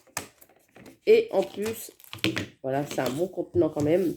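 A medium pink plastic stackable storage bin is set onto a matching bin and nests into place with a sharp tap at 0.2 s, followed by a few faint ticks. Someone then talks over the rest of the clip, and the bin sits seated on the other.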